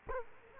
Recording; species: mosquito wingbeat signal from an infrared sensor; Culex quinquefasciatus